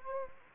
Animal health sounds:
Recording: mosquito wingbeat signal from an infrared sensor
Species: Anopheles gambiae

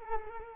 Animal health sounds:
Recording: mosquito wingbeat signal from an infrared sensor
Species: Culex quinquefasciatus

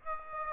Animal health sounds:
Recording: mosquito wingbeat signal from an infrared sensor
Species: Aedes aegypti

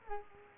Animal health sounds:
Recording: mosquito wingbeat signal from an infrared sensor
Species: Culex quinquefasciatus

